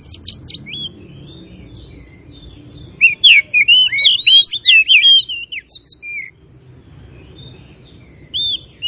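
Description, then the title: Oriental magpie-robin giving a short burst of bright, loud whistled notes, rising and falling slurs packed together, with softer whistles before and after over a low background hum. Labelled Tretes; described with the Indonesian bird-keeping term gacor, meaning singing actively. "Kacer Tretes"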